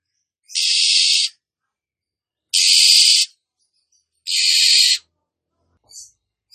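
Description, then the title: Oriental magpie-robin making three long, loud, grating rasps spaced roughly two seconds apart, ending with faint short scratchy notes. Female call, used as a lure to provoke males to fight. "Kacer Langsung Tarung Konslet KACER NGOTOT FULL TEMBAKAN. KACER MANAPUN DIJAMIN NYAUT TIDAK PAKEK LAMA DENGAN PIKAT SUARA KACER BETINA INI"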